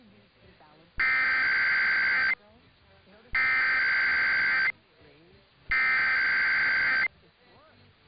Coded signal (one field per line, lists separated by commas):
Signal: Emergency Alert System (SAME) tones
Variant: header bursts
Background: speech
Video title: [EAS #2030-#2034] Why Hello there KLOVE, KSL & KUTR